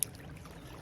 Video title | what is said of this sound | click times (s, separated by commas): Lew’s Custom Pro Spinning Reel TLC3000, Review and Field Test | hear that has a very positive click | 0.0 s